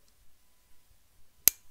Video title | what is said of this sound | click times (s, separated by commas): Garry Live - Fountain Pen chat + more | you get a really satisfying click | 1.5 s